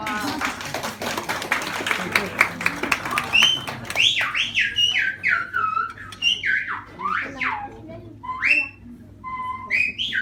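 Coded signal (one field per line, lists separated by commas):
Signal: whistled language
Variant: Silbo Gomero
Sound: loud single-tone whistles sliding up and down, some held steady, after brief chatter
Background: room chatter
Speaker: Окей, все, запомнили, да? Видели все. Поехали. Как мои часы. Улетают.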